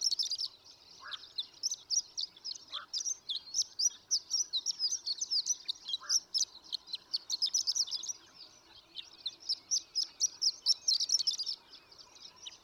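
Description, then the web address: Horned Lark song: a sustained, rapid stream of high, tinkling twittered notes running for about twelve seconds, with a few lower, separate call notes heard behind it. "birdsongforthecurious songs Horned Lark"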